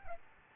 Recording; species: mosquito wingbeat signal from an infrared sensor; Aedes albopictus